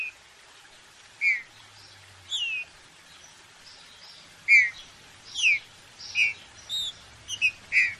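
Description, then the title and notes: Green-winged saltator song: clear whistled notes sliding downward, given singly or in short pairs with brief pauses, over a quiet background. Classic song style (canto clássico), for training. "Canto Clássico Trinca Ferro TREINAMENTO. trinca fero"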